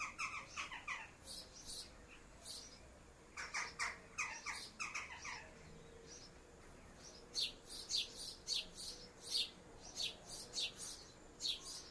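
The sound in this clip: Jackdaw calls, sharp clipped chack notes in short loose groups separated by pauses.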